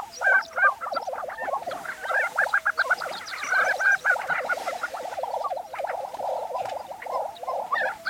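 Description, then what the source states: Lesser prairie chicken chorus: many overlapping bubbling, gobbling notes with higher yelping cackles, rapid and continuous throughout, several birds calling at once. Recorded on 20 April 2013.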